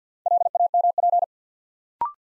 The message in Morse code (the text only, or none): LAMP